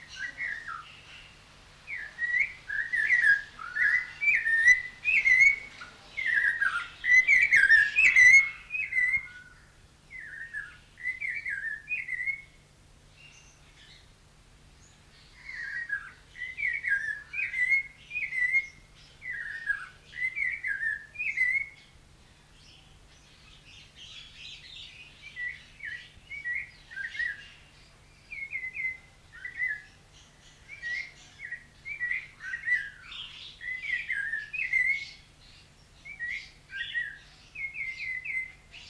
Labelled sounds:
Snowy-crowned Robin-Chat
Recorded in captivity
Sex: male
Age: adult
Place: Zoo Berlin, Berlin, DE
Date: 1994-02-05
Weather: heiter bis wolkig, 0°C, Wind
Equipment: Marantz CP 430, Sennheiser MKH 416 T, Kopie Uher Variocord 263
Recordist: Tembrock, Günter

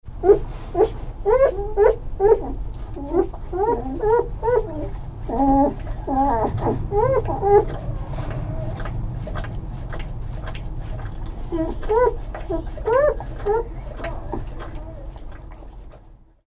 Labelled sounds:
Gray Wolf
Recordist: Frommolt, Karl-Heinz
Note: Laute von vier Tage alten Welpen

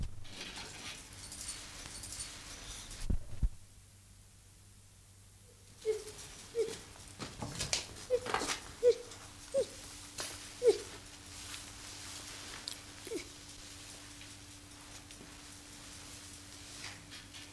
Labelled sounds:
Silvery Javan Gibbon call
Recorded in captivity
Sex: diverse
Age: diverse
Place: Zoo Rostock, Mecklenburg-Vorpommern, DE
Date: 1984-02-03
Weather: bedeckt, 3-6°C
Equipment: Nagra SN, Kopie Uher 4000 Report Monitor
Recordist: Tembrock, Günter

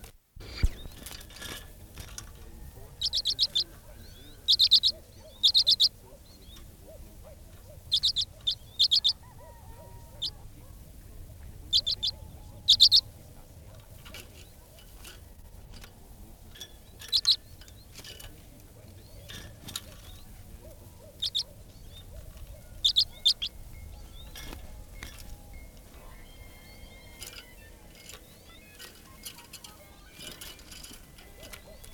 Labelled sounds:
Common Redpoll call
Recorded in captivity
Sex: male
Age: adult
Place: Putbus, Insel Rügen, Mecklenburg-Vorpommern, DE
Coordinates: 54.318, 13.413
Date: 1976-01-25
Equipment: Nagra III BH, Sennheiser MD 21
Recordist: Schubert, Michael

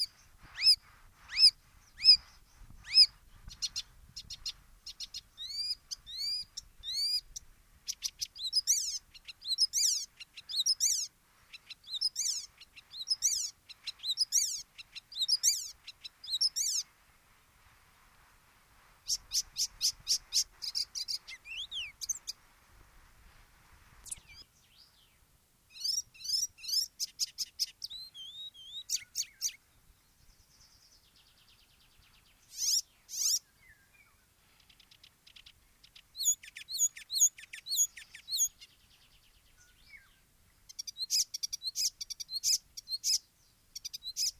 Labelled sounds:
Icterine Warbler song
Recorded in the wild
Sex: male
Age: adult
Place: Baiersdorf, Bayern, DE
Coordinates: 49.6578, 11.0319
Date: 1962-06-13
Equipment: Original, Vollspur
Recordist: Tretzel, Erwin

